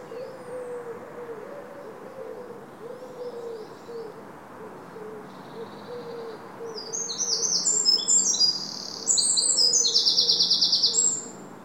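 Eurasian wren song, high, fast trills and warbling notes bursting in after a quiet opening; a faint low wavering tone hums underneath through most.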